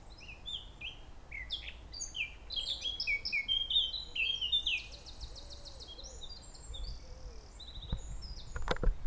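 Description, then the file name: Eurasian blackcap singing a hurried, jumbled warble of bright whistled and scratchy notes, including a quick buzzy run midway, over low background rumble and a few knocks near the end. "Sylvia atricapilla"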